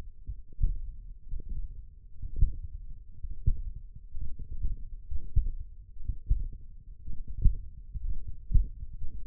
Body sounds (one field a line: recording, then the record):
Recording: forearm muscle sounds (acoustic myography)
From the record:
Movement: tripod grip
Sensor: system 1, eight BSWA MPA416 microphones around the upper forearm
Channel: 3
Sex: male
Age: 23 years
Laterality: right